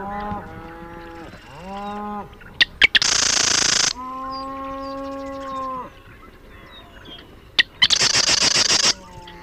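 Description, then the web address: Marsh wren song: a few sharp clicks, then a fast, buzzy, rattling trill about a second long, heard twice, alongside long, low, droning honk-like tones. "Marsh Wren Sounds --LNSCourse Cassette"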